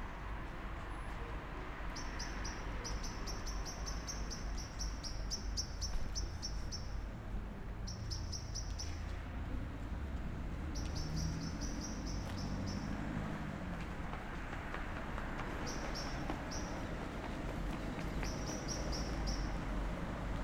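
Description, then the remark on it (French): Birds call at nightfall in repeated bursts of high, thin chirping trills, pausing between phrases, over a steady low rumbling background. No one speaks. “Même des oiseaux. À nuit tombée.”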